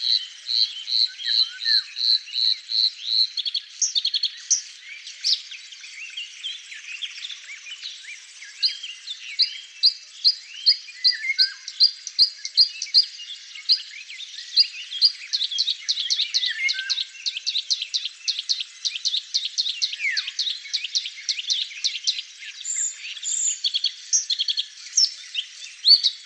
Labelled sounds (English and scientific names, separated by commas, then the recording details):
Bluethroat (Luscinia svecica) song
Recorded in the wild
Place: Pripyatskiy NP, BY
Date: 2005-05-28
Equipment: Minidisc Sony MZ-R35, Telinga DAT, Telinga-Parabolspiegel
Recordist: Schwarz, Dieter